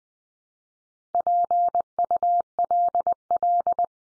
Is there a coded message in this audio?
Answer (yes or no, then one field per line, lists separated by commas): yes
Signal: Morse code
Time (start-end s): 1.1-3.8 s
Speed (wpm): 20 wpm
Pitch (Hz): 700 Hz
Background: none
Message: PULL